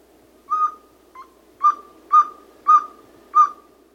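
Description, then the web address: Pale-billed antpitta giving a series of short, hollow whistled notes, about one every half second to second, steady in pitch, against a quiet background. Recorded in South America. "Natures Songs S America Pale-Billed Antpitta"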